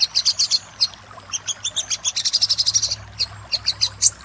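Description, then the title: Little spiderhunter song: fast, high chip notes in uneven runs, a longer dense burst in the middle, then spaced notes toward the end. Master song used for training cage birds, labelled 'Labaik'. "Masteran Burung Sogok Ontong Labaik"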